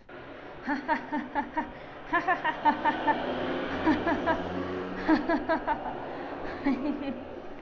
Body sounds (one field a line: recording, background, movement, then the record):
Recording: laughter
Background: traffic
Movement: sitting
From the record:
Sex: female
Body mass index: 22.6 kg/m2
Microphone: on the chest, facing outward